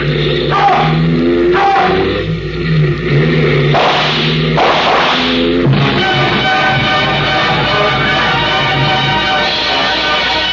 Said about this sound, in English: Behind me, I heard the roar of motorcycles as some of the troopers came after me.